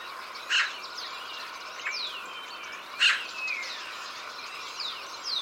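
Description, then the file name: Eurasian magpie with two abrupt, grating calls about two and a half seconds apart, against a steady wash of other small birds whistling and chirping. "Pica pica"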